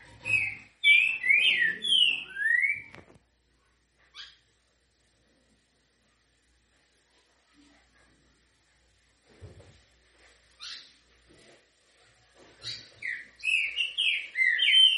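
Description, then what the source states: Green-winged Saltator song in two bouts of quick, slurred whistles, at the start and again at the end. A quiet middle carries a few soft scattered notes. Song style called 'canto grego mole com boi'; voice number 08.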